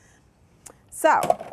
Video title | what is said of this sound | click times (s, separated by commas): Cuisinart-FP-12DC-Elite-Collection-Food-Processor.mp4 | Press it down in the back until it clicks. | 0.7 s